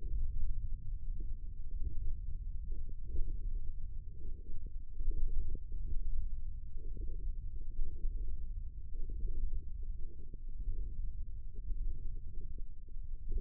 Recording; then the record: forearm muscle sounds (acoustic myography)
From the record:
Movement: index flexion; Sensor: system 1, eight BSWA MPA416 microphones around the upper forearm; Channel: 6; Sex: male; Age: 20 years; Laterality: left